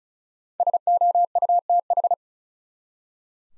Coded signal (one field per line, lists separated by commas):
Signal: Morse code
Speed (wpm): 36 wpm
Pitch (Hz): 700 Hz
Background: none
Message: SOUTH